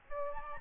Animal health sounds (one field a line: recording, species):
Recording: mosquito wingbeat signal from an infrared sensor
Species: Aedes albopictus